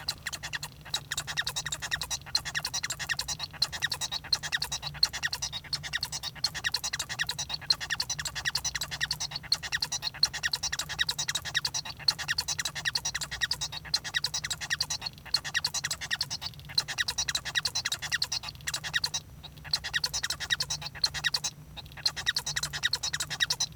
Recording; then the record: song of a male Bengalese finch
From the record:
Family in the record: son of father 1